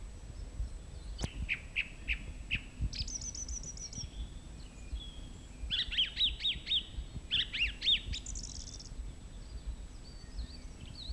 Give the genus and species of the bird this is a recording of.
Turdus philomelos